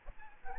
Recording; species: mosquito wingbeat signal from an infrared sensor; Aedes albopictus